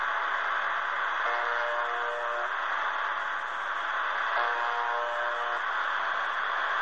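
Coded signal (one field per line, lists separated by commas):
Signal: channel marker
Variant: UVB-76 (The Buzzer)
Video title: UVB-76 "The Buzzer" on 4625 khz received in Berlin, Germany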